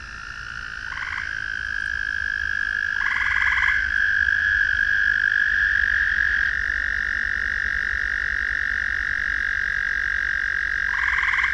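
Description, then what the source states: Frogs calling in a steady, droning chorus, with a few louder rattling, pulsed croaks breaking through near the start and at the end. Several frogs calling in a ravine at night.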